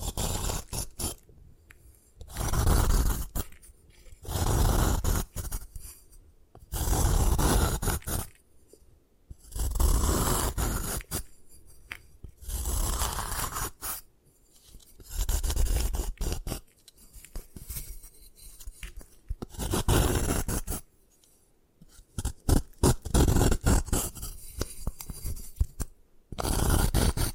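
Gym chalk is crushed and ground in repeated rough, gritty scraping strokes, each lasting one to two seconds with short quiet gaps between. Toward the end the strokes break up into quicker crumbly crackles and small clicks before one last long scrape.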